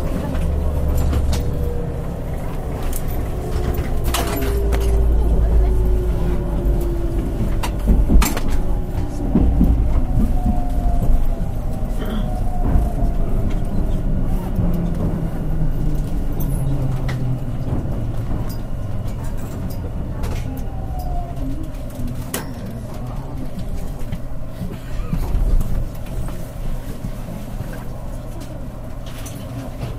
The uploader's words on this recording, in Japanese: 南海電鉄 ラピートβ りんくうタウンから難波まで。南海電気鉄道50000系電車の走行音です。空港線・南海線の特急列車 ラピートβにて収録しました。区間は、りんくうタウンから難波までです。